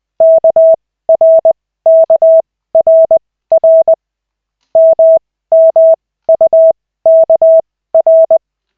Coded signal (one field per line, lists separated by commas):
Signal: Morse code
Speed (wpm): 20 wpm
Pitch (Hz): 650 Hz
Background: none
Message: KRKRR MMUKR